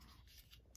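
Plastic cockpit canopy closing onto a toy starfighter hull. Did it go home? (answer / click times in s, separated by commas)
yes / 0.8 s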